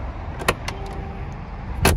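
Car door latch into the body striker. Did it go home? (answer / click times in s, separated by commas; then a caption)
yes / 0.5 s, 1.9 s. The driver's door of a new Mercedes-AMG G63 SUV is closed, and its metal door latch catches into the body striker with a sharp click at 0.5 s and again at 1.9 s. The latch sound was kept from the old military-derived G-Class model for its satisfying click. The latch seats shut.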